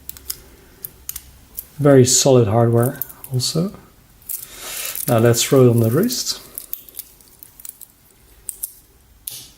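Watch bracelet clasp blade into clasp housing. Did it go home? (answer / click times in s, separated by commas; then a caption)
yes / 9.3 s. A MiLTAT Super-O Boyer steel bracelet with solid links and a V-clasp, the second steel bracelet fitted to a Seiko SARB017 Alpinist, is closed on the wrist, its clasp blade pressing into the clasp housing. Someone talks while sharp metallic ticks and handling clicks sound throughout. The clasp snaps shut with a crisp click at 9.3 s and seats.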